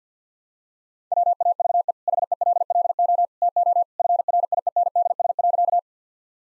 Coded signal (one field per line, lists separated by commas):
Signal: Morse code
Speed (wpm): 50 wpm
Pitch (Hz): 700 Hz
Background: none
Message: WAVE HELLO TO FRIENDS.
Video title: Easy Sentences with Hints - 50wpm